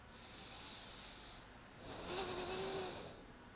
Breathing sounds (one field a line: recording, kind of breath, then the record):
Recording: one breath in and out by a microphone near the nose and mouth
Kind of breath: deep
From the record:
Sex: male